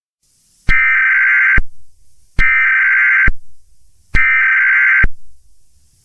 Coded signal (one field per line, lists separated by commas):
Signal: Emergency Alert System (SAME) tones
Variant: header bursts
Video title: E.A.S.🔴EMERGENCY BROADCAST ALERT ! Oct 4th Everyone Received This Notification / LIVE Going Over EAS